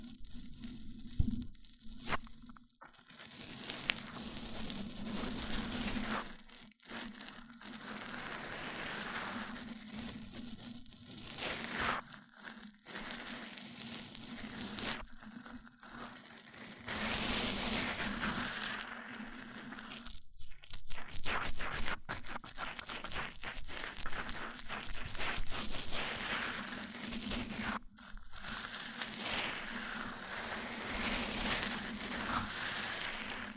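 Mic-on-mic triggers: dense, bright scratching and crinkling rubs over a steady low hum, broken by brief silences near 3, 7, 20 and 28 seconds.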